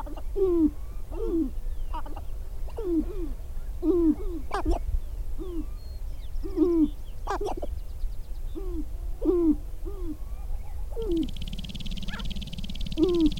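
Sharp-tailed grouse giving short, low, downslurred hooting notes about once a second, with a few sharp clicks; a buzzy hiss sets in near the end.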